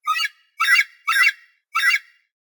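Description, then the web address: Eagle calls: four harsh, squawking notes rich in harmonics, each about a quarter second long, spaced roughly half a second apart against silence. Young eagle (eaglet). "eaglet bird"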